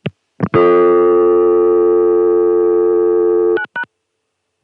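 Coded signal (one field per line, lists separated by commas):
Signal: telephone call progress tone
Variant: North America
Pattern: dial tone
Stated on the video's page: Recordings of ConTelNet CCSA telephone network signalling, July 1980 and March 1981.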